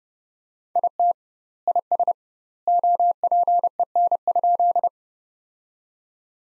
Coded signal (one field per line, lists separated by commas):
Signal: Morse code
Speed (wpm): 32 wpm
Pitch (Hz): 700 Hz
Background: none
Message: IT IS OPEN?